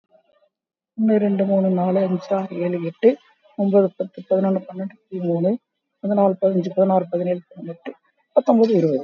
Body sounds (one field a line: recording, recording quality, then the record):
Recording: counting at a fast pace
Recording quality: excellent, no background noise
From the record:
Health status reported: COVID-19 positive, moderate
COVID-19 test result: positive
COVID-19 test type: RT-PCR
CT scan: taken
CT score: 6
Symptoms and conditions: cough, cold, fever, muscle pain, loss of smell and taste, diarrhoea, hypertension, diabetes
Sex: male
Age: 67 years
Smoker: no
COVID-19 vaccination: none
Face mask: worn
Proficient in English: yes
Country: India